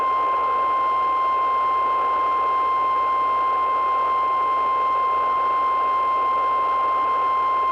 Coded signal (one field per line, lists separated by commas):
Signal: Emergency Alert System (SAME) tones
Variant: 1050 Hz attention tone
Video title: [EAS RECREATIONAL] i need better warnings than ts